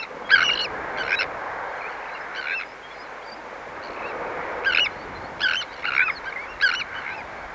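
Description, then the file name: Sandwich tern giving rasping, grating calls in irregular bursts, some paired closely, others spaced a second or more apart, over a faint hiss. "Sandwich Tern (Thalasseus sandvicensis)"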